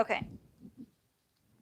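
Someone talks briefly while handling the plastic snap stud and socket on a fabric romper's shoulder strap, pressing the halves together to check that they are secure. Soft, low handling sounds follow around 0.6 and 0.8 seconds before the clip goes quiet. Nothing has seated or clicked yet.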